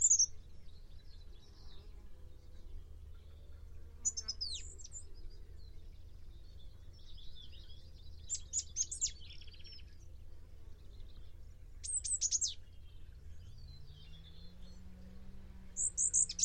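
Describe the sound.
Bird calls: scattered bursts of sharp, high chirps and short buzzy notes come every few seconds, with low background noise and a faint rising hum.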